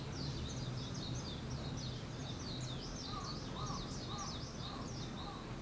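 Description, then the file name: Bird chirps: a steady stream of high, zigzag twittering, with softer mid-pitched notes in the second half, over strong low rumbling noise. Wild birds; 21 April 2023. "wild-bird 230421"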